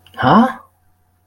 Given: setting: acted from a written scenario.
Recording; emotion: vocal sound without words; confusion